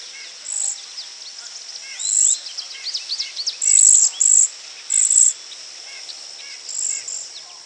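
Cedar waxwing calls, several very high, thin whistles among scattered chirps of other birds.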